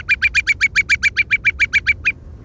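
Whimbrel call: a fast rippling series of about fifteen even, clear whistled notes, roughly seven per second, ending abruptly.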